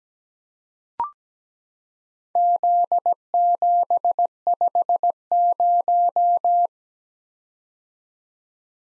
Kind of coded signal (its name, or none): Morse code